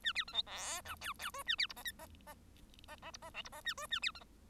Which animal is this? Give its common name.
Bengalese Finch